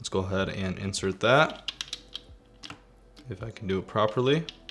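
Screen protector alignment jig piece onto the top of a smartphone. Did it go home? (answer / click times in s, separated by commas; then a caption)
no / none. A plastic alignment jig piece from a Whitestone Dome Glass screen protector kit is being pushed onto the top of a Samsung Galaxy S24 Ultra smartphone. Someone talks while a few brief, light handling taps sound in the quieter middle section. The clip ends before the piece goes home, so nothing has seated or clicked yet.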